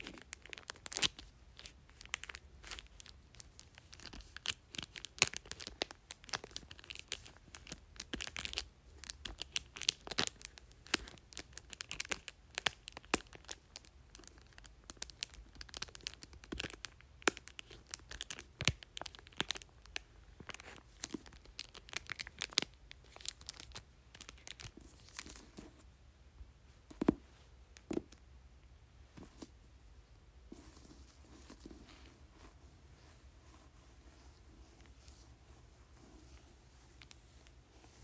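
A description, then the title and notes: A book cover is tapped and crinkled in quick, irregular bursts of sharp clicks and crackles, dense through the first twenty-five seconds. After that the sounds thin out into sparser taps with short pauses. A faint low hum runs underneath throughout. Tapping and Crinkling Book Cover.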